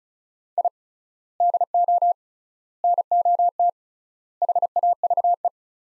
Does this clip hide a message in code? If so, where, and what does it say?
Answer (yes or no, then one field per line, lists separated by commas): yes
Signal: Morse code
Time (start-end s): 0.6-5.5 s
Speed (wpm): 34 wpm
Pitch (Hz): 700 Hz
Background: none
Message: I DO NOT HAVE